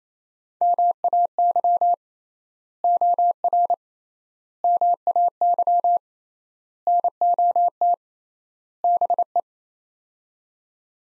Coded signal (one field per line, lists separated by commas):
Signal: Morse code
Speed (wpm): 29 wpm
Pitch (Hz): 700 Hz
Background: none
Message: MAY OR MAY NOT BE